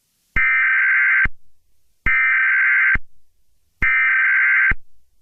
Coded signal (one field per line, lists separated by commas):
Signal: Emergency Alert System (SAME) tones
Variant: header bursts